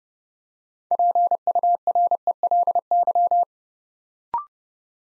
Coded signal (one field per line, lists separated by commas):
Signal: Morse code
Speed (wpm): 30 wpm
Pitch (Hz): 700 Hz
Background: none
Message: PURELY